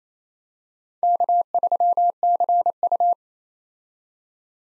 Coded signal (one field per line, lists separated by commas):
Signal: Morse code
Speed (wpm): 28 wpm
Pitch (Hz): 700 Hz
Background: none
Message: K3CU